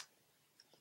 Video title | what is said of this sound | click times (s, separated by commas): GoPro HERO 4 Black & Silver Tutorial: How To Get Started | And then you kind of just wiggle it into place till it clicks. | 0.6 s